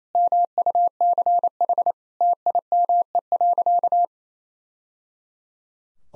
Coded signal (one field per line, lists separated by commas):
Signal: Morse code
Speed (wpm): 28 wpm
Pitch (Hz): 700 Hz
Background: none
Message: MUCH TIME.